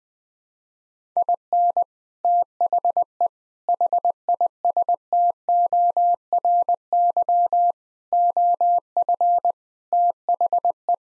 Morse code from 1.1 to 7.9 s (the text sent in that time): IN THE HISTORY